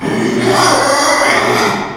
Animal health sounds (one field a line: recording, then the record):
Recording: squeal of a Yucatan mini pig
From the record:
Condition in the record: after surgery on the right vocal fold (resection and tissue-engineered implant)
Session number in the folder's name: 2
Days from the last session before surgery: 13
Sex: male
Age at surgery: 12 weeks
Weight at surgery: 13 kg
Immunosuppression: cyclosporine, prednisolone